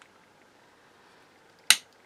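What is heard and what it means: A metal lock is wiggled into place in an Edann Leshiy 2 airgun's lever mechanism during reassembly, after the lever has been pushed up and seated. The clip is quiet apart from a faint tick at the start, then a sharp, loud metallic snap at 1.7 s as the lock goes home and is seated.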